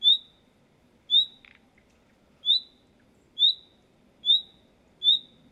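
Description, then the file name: Common nightingale giving six short, rising whistled notes, about a second apart. "Luscinia megarhynchos"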